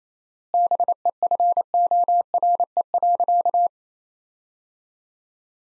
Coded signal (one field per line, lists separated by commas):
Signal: Morse code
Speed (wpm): 27 wpm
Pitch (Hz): 700 Hz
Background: none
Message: BEFORE.